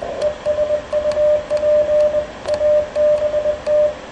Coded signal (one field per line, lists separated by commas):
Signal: Morse code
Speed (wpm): 22 wpm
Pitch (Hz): 600 Hz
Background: radio noise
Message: ES UP ABT